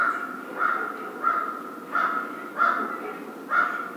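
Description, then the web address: American crow cawing, about six hoarse, nasal caws in four seconds at a loose, uneven rhythm. 1 February 2010. "Crow 2010 02 01 American Crow"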